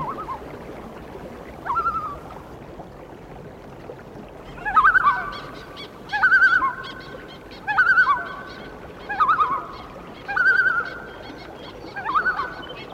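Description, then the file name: Loon calling: a soft opening note, then a series of loud harmonic, wavering notes repeated about every one and a half seconds. "Real Loons"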